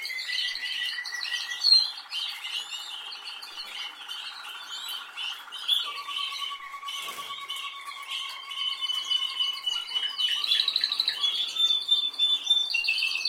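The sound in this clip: Canary song: layered high chirps and trills over two long low steady buzzy trills, switching pitch midway, with rapid twittering building toward the end.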